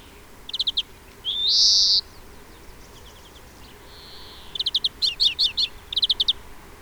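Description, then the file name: European greenfinch with rapid chattering trills, a loud drawn-out wheezy rising note early on, a fainter buzzy note midway, then several quick twittering bursts. "Chloris chloris"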